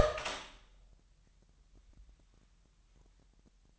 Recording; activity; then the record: daily activity, microphone in the room; open door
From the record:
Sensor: 3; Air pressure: 998.4 hPa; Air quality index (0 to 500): 140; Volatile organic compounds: 4 ppm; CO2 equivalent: 1677 ppm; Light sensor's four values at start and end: 16/47/19/18 and 16/47/19/18